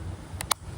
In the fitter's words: and then this will lock into place so it doesn't accidentally get loose.